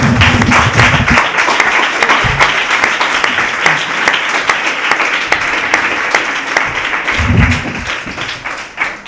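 Sustained crowd applause with dense, crackling clapping that stays steady and loud throughout, a few sharper individual claps standing out, and brief low murmurs underneath.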